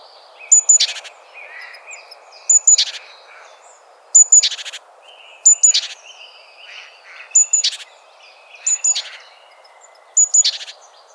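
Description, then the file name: Great tit giving repeated calls, each a sharp high pip leading into a scratchy buzz, every second or two, with quieter chattering sounds between. "Parus major"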